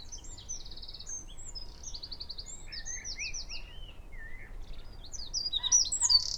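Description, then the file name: Eurasian wren song, softer, with short trills and twittered notes at the start, then quieter scattered chirps and a louder high phrase near the end. "Troglodytes troglodytes"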